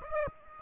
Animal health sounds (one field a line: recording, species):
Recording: mosquito wingbeat signal from an infrared sensor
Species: Aedes aegypti